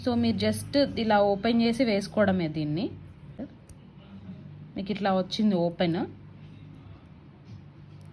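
Someone talks while handling a gold-stone-covered hinged bangle bracelet with a plain back, opening its hinged clasp to put it on; a faint brief tick is heard around 3.7 s. The clip ends before the clasp is pressed closed, so nothing has clicked or locked yet.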